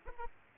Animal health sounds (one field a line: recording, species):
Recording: mosquito wingbeat signal from an infrared sensor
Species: Aedes aegypti